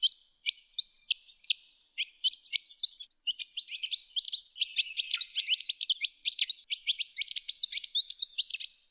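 Pin-tailed whydah giving crisp, high separate chirps for about three seconds, then breaking into a continuous, rapid, squeaky twitter.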